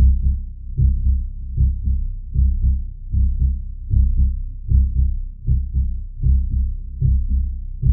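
An adult heartbeat: low-pitched lub-dub beats repeating at about 78 per minute.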